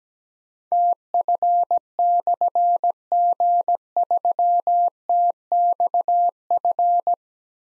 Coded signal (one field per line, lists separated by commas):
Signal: Morse code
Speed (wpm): 17 wpm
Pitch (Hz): 700 Hz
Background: none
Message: TF/G3TXF